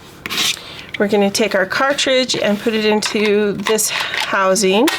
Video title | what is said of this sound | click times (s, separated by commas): Creative Memories Harvest Delight Project Recipe | and pops into place so that it's out of the way | 0.3 s